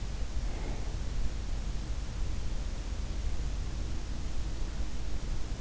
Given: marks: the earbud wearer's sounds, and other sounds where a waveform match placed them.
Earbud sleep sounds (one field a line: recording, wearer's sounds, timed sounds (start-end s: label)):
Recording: sounds in sleep by an in-ear microphone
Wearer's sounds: breath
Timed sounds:
0.31-1.17 s: breath